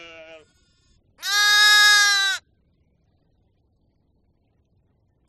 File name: audio hero Sheep